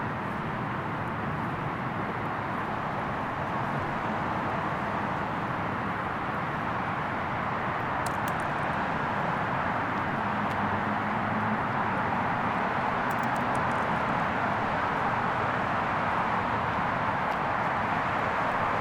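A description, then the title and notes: Steady outdoor wash of traffic and a water fountain runs throughout, dense and unchanging in level, centered in the low-middle range. Brief high clicks or ticks stand out around eight seconds and again near thirteen seconds, and a faint low hum surfaces midway. A slightly different walk thought the area around my hotel in San Antonio. Slightly different path through the buildings along 410. For this walk I recorded on an F6 via the line-out of a an H5 and it’s stereo X/Y capsule. Slightly more handling noise because of the cable into my bag.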